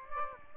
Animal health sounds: mosquito wingbeat signal from an infrared sensor; Aedes albopictus

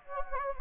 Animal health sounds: mosquito wingbeat signal from an infrared sensor; Anopheles gambiae

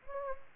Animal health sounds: mosquito wingbeat signal from an infrared sensor; Anopheles gambiae

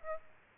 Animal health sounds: mosquito wingbeat signal from an infrared sensor; Aedes aegypti

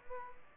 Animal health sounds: mosquito wingbeat signal from an infrared sensor; Aedes aegypti

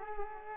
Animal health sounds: mosquito wingbeat signal from an infrared sensor; Aedes aegypti

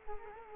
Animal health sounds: mosquito wingbeat signal from an infrared sensor; Culex quinquefasciatus

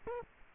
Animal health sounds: mosquito wingbeat signal from an infrared sensor; Culex quinquefasciatus

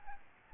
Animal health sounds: mosquito wingbeat signal from an infrared sensor; Aedes albopictus

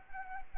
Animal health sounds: mosquito wingbeat signal from an infrared sensor; Anopheles arabiensis

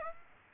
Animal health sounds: mosquito wingbeat signal from an infrared sensor; Aedes aegypti

